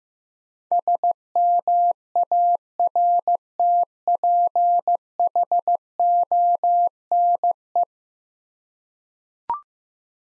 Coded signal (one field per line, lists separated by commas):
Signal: Morse code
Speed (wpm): 15 wpm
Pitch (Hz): 700 Hz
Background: none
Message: SMARTPHONE